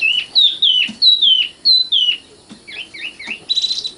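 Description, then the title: Oriental magpie-robin song of clear whistled notes falling in pitch, repeated in short phrases, ending with quicker chirps and a scratchy buzz. "Kicau Kacer"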